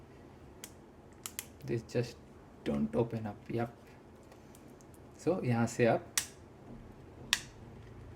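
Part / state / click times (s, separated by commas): action camera quick-release mount into its mounting adapter / seated / 7.3 s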